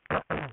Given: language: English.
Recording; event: throat vibration sensor signal played as sound; throat clearing